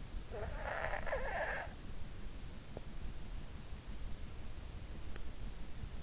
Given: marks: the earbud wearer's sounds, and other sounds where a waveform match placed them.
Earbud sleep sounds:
sounds in sleep by an in-ear microphone; snoring breath
0.35-2.18 s: snoring breath

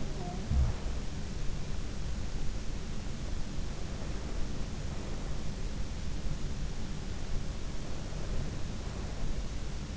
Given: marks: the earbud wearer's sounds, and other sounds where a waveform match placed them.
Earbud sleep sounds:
sounds in sleep by an in-ear microphone; talking in sleep
0.00-1.29 s: talking in sleep

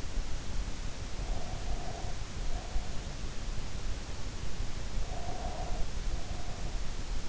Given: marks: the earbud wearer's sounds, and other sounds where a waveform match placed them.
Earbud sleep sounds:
sounds in sleep by an in-ear microphone; breath
1.08-3.26 s: breath
5.04-7.06 s: breath

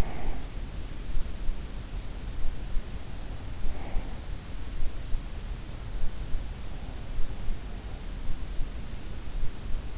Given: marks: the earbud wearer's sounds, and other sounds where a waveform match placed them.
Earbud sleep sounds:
sounds in sleep by an in-ear microphone; breath
0.00-0.64 s: breath

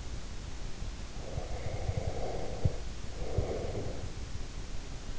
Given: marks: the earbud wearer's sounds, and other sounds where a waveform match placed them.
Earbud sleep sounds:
sounds in sleep by an in-ear microphone; breath
1.16-4.13 s: breath

